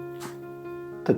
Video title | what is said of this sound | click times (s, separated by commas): Ystudio Classic Revolve Dolma Kalem | kalemimizi tık diye oturduk Evet o ses de geldi | 1.1 s